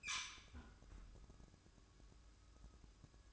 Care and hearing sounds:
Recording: daily activity, microphone in the room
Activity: close fridge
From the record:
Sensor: 2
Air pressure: 1007.6 hPa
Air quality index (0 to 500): 46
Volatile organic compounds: 1 ppm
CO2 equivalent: 557 ppm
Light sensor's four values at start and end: 11/25/11/11 and 11/25/11/11

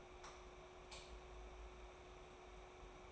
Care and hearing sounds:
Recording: daily activity, microphone in the room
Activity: light on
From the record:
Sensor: 1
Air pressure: 990.9 hPa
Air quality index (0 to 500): 109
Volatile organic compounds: 100 ppm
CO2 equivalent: 3755 ppm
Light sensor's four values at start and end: 22/51/22/24 and 26/66/27/29

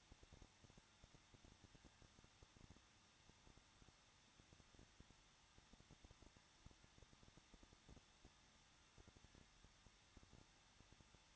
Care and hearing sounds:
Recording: daily activity, microphone in the room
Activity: no activity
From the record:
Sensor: 3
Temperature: 21.2 degrees Celsius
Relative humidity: 36.4%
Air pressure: 1006.3 hPa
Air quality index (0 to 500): 223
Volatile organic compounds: 42 ppm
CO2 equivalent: 3180 ppm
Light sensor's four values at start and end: 2/3/2/2 and 2/3/2/2

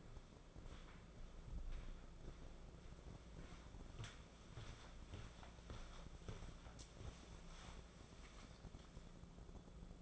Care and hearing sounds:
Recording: daily activity, microphone in the room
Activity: walk to room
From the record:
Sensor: 5

